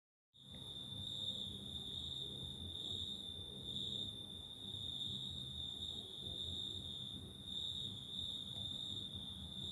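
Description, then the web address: Cricket calling with a steady, unbroken high trill that holds an even pitch throughout, over a faint low rumble. "2019 tucsok"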